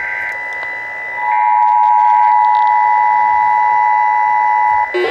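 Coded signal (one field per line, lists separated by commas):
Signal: Emergency Alert System (SAME) tones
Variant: 853 and 960 Hz attention tone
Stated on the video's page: EAS Flood Warning received on weather radio WXJ84 and on the broadcast stations.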